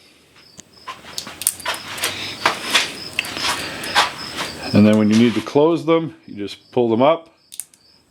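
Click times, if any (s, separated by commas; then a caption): 7.6 s. Someone talks while the opened blades of a four-blade mechanical broadhead are pulled up by hand into the closed position on the steel ferrule, with a series of sharp clicks and taps along the way. The blades click closed and lock into place at 7.6 seconds.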